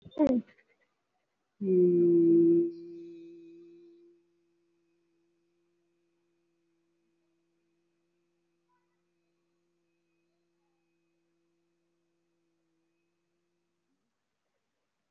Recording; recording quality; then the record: sustained vowel as in beet; excellent, no background noise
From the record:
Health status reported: COVID-19 positive, mild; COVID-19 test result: positive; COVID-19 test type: RT-PCR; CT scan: taken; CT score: 2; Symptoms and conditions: sore throat, fatigue, muscle pain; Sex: female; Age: 64 years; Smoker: no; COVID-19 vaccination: both doses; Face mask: worn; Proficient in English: yes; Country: India